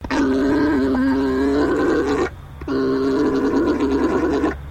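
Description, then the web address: Alpaca male making a continuous gurgling, rumbling drone in two long bouts of about two seconds each, separated by a short pause. Male alpaca giving a mating call. "Sound Effects-Foundation 1 ANIMAL ALPACA MALE MATING CALL"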